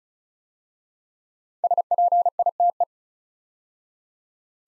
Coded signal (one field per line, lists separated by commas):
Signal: Morse code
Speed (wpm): 36 wpm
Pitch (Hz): 700 Hz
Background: none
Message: SPITE